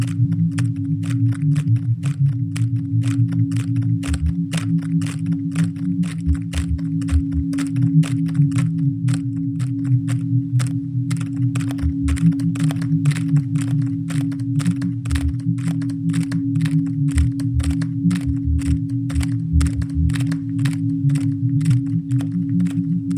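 Laptop keys are tapped in a quick, fairly even stream of light, crisp clicks that continue for the whole recording. Under them sits a steady low hum, like a machine or fan running, with no other sounds breaking in.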